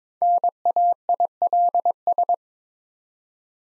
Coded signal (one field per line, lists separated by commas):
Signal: Morse code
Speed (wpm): 22 wpm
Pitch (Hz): 700 Hz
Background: none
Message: NAILS